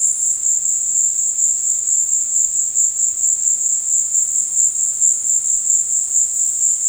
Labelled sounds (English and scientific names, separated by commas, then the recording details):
none
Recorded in dense forest near Puerto Asís, Putumayo, Colombia, on 20 February 2024 at 16:30
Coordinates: 0.472, -76.329
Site G6394